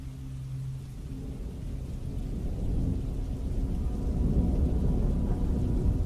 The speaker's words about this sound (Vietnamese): Trên thiên không, sấm sét đan xen chẳng chịt, như là tạo thành tấm lưới sét bao phủ lấy toàn bộ đoạn sông này.